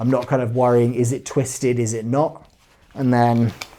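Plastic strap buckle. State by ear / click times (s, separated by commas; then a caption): not seated / none. Someone talks while handling the inner tube of a FirstSpear Tubes quick-release fast-attach buckle, lining it up with its outer casing on a chest rig strap. Nothing has seated or clicked into place yet.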